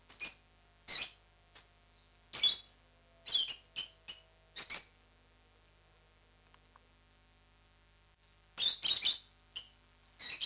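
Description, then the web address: Rosy-faced lovebird uttering bursts of high, squeaky chirps in quick groups, a quiet pause midway, then another lively cluster of shrill notes. "popugai-nerazluchniki -penie-nerazluchnikov. agapornis roseicollis"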